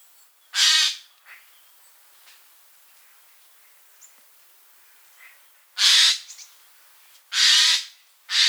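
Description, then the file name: Eurasian jay calling with loud, hoarse screeches, one early, then three more in quick succession toward the end, separated by a long quiet stretch. "Garrulus glandarius"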